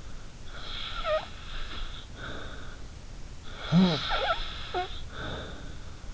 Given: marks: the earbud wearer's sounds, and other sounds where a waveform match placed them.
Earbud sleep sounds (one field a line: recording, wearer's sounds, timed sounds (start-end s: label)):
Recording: sounds in sleep by an in-ear microphone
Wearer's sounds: snoring breath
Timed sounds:
0.50-2.95 s: snoring breath
3.50-5.87 s: snoring breath